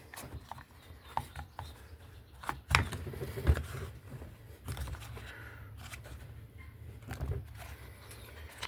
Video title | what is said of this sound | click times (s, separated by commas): KTM 500 : US vs Euro air boot 2024 + | You'll feel it snap into place when that uh lip | 2.8 s